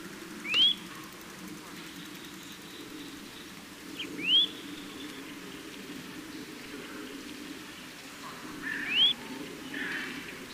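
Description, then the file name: Eurasian nuthatch giving three spaced, rising whistled calls against a soft, steady background rumble. "Sitta europaea"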